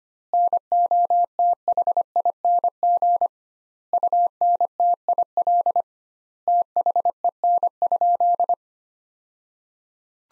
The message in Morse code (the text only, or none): NOTHING UNTIL THEN?